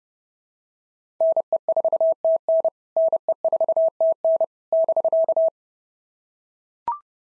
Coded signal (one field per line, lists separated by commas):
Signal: Morse code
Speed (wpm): 30 wpm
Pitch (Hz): 650 Hz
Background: none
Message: NE4TN NE4TN <BK>